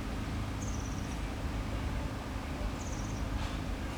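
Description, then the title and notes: European serin uttering two brief, very high, fizzy descending phrases, with a continuous low rumble beneath. Solitary bird beside a cycle path near the Sierroz, Allée Marcel Mailly, Aix-les-Bains, France; construction noise and a few passers-by. "Allée Marcel Mailly, 73100 Aix-les-Bains, France - Serin cini. Au bord de la piste cyclable près du Sierroz un serin cini solitaire"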